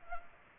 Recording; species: mosquito wingbeat signal from an infrared sensor; Culex pipiens